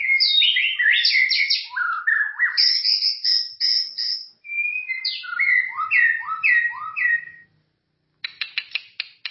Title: Kicau Murai Batu